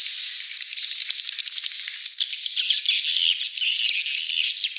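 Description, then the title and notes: Swiftlets giving dense, overlapping high chirps and twitters in a continuous colony chorus, with a thin steady whistled tone running through and brief dips around one and a half seconds. Swiftlet house lure sound, Tien Giang, Vietnam. "Am thanh nha yen Akau Vietnam - Tien giang. Những âm thanh chim yến thuộc thương hiệu AKAU"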